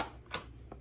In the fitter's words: oh nice beverage goes in locks into place